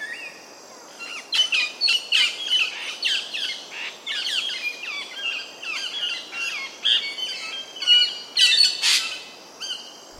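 Double-eyed fig parrot calls: busy stream of shrill, clipped chirps and squeaks, rising and falling in loudness.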